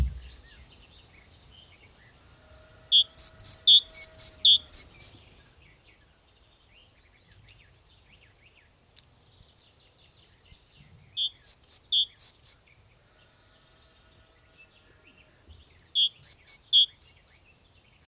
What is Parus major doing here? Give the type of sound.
call